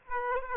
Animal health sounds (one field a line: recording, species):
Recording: mosquito wingbeat signal from an infrared sensor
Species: Aedes aegypti